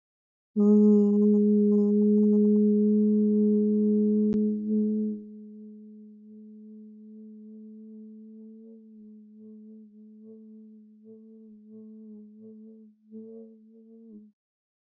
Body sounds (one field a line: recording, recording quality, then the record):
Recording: sustained vowel as in boot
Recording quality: excellent, no background noise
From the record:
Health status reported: healthy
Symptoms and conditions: none ticked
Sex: female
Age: 19 years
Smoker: not ticked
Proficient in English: yes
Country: India